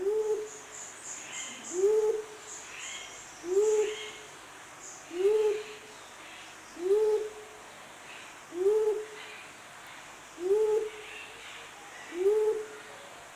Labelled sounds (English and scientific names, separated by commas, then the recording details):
Mindanao Bleeding-heart (Gallicolumba crinigera) call
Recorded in captivity
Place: Zoo Berlin, Berlin, DE
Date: 2004-09-17 12:44
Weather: sunny, 19°C
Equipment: Sony WM-D6C, Sennheiser ME 80, Kopie Uher 4000 Report Monitor
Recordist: Tembrock, Günter